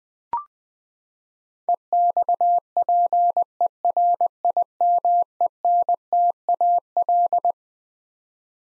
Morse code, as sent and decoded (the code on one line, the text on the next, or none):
. -..- .--. . .-. .. -- . -. - .- .-..
EXPERIMENTAL